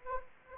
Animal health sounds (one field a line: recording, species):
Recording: mosquito wingbeat signal from an infrared sensor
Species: Anopheles arabiensis